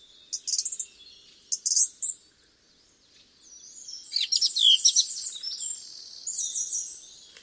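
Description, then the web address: Song thrush song: two similar high chirping phrases repeated about a second apart, followed by a denser, scratchier jumble of notes over a faint background hiss. "cianscape birddata Deverinetal 2025"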